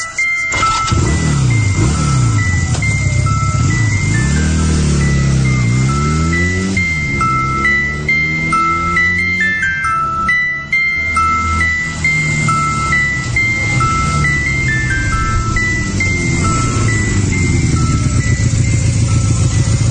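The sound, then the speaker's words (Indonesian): A motorcycle engine drones loudly and continuously, its low pitch repeatedly climbing and dipping as the rider revs and shifts, riding at night to the North Bandung area. No one speaks. “Dengan sepeda motor, malam itu aku berangkat pergi ke sana.”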